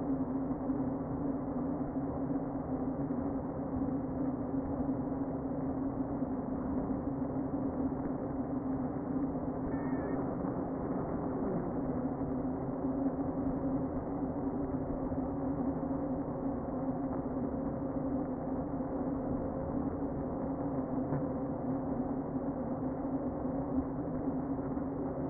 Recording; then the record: honeybee colony, microphone inside the hive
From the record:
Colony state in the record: queen present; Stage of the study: before two queens were removed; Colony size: about 60,000 bees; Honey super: yes